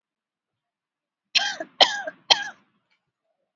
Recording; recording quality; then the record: shallow voluntary cough; excellent, no background noise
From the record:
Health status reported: exposed to COVID-19, no respiratory illness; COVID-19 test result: negative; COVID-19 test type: RT-PCR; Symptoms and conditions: cold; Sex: female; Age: 34 years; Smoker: no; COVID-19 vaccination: one dose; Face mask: worn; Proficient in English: yes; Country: India